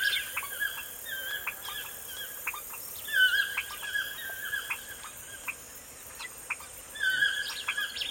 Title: Звуки птиц в лесу. Morning birdsong in the forest